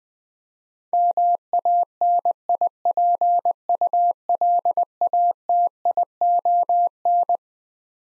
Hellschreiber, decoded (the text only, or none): none